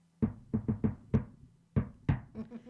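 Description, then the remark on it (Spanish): Hospital clowns rap their knuckles on a door in their signature rhythm: five quick knocks, a short pause, then two firm answering knocks, followed by a couple of softer taps. Sharp, hollow thuds with no voices. “A que alguien te toque la puerta, que tocamos así, siempre.”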